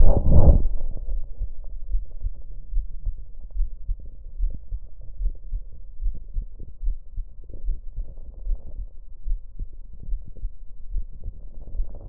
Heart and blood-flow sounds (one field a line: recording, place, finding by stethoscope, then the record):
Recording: heart sounds by stethoscope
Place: mitral valve (MV)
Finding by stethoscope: normal heart sounds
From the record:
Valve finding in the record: normal valve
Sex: female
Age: 40 years